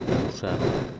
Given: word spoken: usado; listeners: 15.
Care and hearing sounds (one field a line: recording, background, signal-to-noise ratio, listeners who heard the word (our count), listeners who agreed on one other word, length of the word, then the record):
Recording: one Spanish word in noise, from a listening test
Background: noise modulated by three-talker babble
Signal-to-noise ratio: -6.7 dB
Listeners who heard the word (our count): 0 of 15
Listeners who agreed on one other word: 13 of 15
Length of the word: 0.60 s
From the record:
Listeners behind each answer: 13, 1, 1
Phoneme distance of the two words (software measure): 17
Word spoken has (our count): 3 syllables, 5 phonemes, stress on syllable 2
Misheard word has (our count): 2 syllables, 4 phonemes, stress on syllable 2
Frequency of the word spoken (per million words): 15.31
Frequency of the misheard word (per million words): 38.17